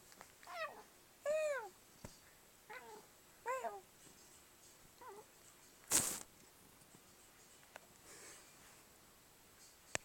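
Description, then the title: Cat uttering five short, arched meows in quick succession, followed by a sharp loud clap-like click and faint rustling. Talkative pet cat in a back-and-forth conversation with a person; the exchange was described as somewhat forced. "the most talkative kitty on the planet"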